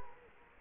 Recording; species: mosquito wingbeat signal from an infrared sensor; Culex quinquefasciatus